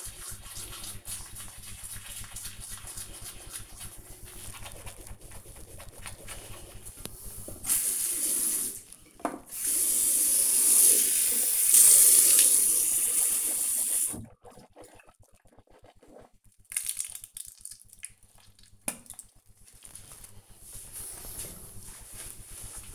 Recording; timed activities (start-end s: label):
household activities, microphone on the right wrist
0.00-20.72 s: brushing teeth